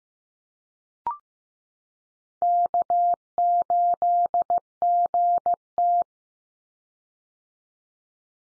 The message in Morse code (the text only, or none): K8GT